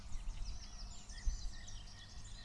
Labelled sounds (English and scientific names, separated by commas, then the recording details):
Song Thrush (Turdus philomelos)
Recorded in Germany
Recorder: ecoPi